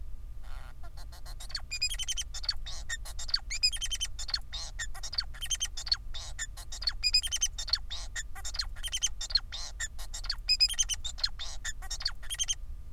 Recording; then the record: song of a male Bengalese finch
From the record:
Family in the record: son of father 4